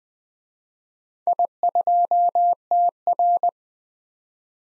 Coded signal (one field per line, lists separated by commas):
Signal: Morse code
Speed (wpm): 20 wpm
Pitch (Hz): 700 Hz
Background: none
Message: I2TR